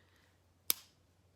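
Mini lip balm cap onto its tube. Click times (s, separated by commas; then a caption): 0.7 s. The cap of a Rare Beauty With Gratitude mini lip balm is pressed onto its tube and clicks shut at 0.7 s, showing that it has a click closure rather than the magnet used on the full-size version. The cap seats with a single sharp, bright click that fades quickly over a faint, steady low hum. The cap is seated and closed.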